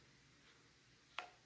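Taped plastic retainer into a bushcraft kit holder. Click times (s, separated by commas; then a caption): 1.2 s. A homemade retainer, a disc of milk-jug plastic wrapped in tape, is pushed into the holder of a bushcraft kit. It clicks into place at 1.2 s with a single sharp, bright click above a quiet background, and it is seated.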